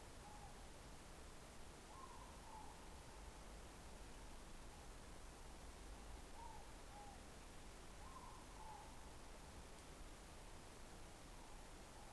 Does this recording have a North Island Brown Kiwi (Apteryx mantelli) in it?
no